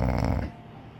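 A loud, rough, low rumbling snore burst from a sleeping adult woman, lasting about half a second and fading quickly into quiet breathing.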